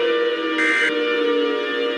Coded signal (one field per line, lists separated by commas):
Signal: Emergency Alert System (SAME) tones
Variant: end-of-message bursts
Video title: EAS Scenario: Overdue Solar Strike (not full version)